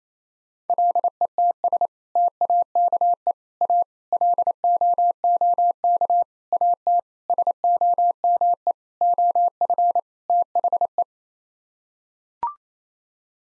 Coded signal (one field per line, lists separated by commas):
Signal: Morse code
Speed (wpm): 28 wpm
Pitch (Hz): 700 Hz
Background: none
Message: LETS TAKE A LOOK AT SOME OF THE